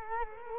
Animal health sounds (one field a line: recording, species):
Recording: mosquito wingbeat signal from an infrared sensor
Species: Culex quinquefasciatus